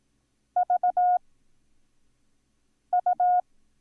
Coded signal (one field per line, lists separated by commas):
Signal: Morse code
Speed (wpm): 18 wpm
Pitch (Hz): 720 Hz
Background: none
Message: VU